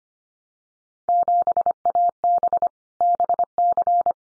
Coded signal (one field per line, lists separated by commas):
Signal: Morse code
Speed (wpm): 25 wpm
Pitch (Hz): 700 Hz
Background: none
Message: 7AB BC